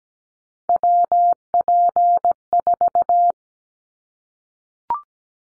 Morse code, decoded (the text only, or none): WP4